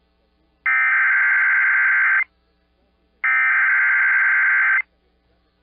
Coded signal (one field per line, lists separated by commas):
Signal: Emergency Alert System (SAME) tones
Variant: header bursts